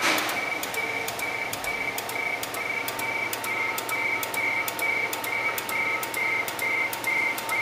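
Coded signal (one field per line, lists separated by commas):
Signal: RTTY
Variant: AMTOR ARQ, 100 baud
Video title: Qso AMTOR ARQ/FEC Selcall IIBE/ISSO I6IBE-IK3SSO 7.040 MHz PK232 Yaesu FT897 - Pratola Peligna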